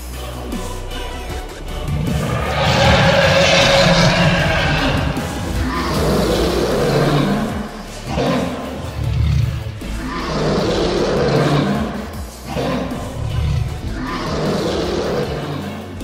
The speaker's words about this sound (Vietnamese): Rồng gầm lên chấn động trời đất, bay vút tầng mây, làm cho mọi người đứng dưới há hốc cả mồm.